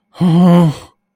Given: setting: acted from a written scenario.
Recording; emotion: vocal sound without words; distress